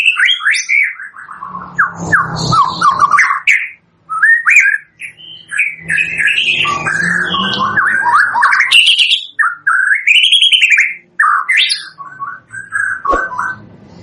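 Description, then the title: White-rumped shama song, a long varied run of fluty whistles, slurred notes and quick chatters with brief pauses, loud throughout. Lure recording used for bird trapping; bird singing constantly (gacor). "PANCINGAN MURAI BATU GACOR"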